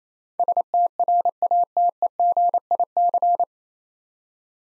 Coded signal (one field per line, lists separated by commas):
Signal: Morse code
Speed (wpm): 28 wpm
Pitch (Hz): 700 Hz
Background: none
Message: STRATEGIC